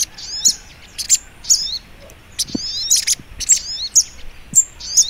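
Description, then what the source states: Little Spiderhunter song: sharp, high chipping phrases, each a quick cluster of notes, repeated about every half second over faint low background hiss. Masteran training recording, labelled Labaik.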